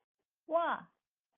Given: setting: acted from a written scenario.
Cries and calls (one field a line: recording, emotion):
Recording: vocal sound without words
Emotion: pain